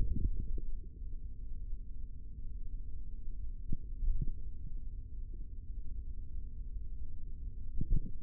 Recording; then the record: forearm muscle sounds (acoustic myography)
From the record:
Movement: tripod grip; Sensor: system 3, bracelet of six PUI Audio POM-2738L microphones around the upper forearm, with dedicated amplification and filtering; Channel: 5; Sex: male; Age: 43 years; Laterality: right